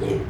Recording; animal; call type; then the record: contact call of a hoofed animal; pig; closed-mouth grunt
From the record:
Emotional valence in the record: positive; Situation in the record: food and toys in familiar pen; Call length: 0.30 s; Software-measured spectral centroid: 1660 Hz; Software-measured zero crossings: 900 a second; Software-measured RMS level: -24 dBFS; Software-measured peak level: -12 dBFS